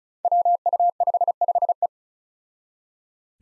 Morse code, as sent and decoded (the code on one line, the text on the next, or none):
.-- ..- ..... ..... .
WU55E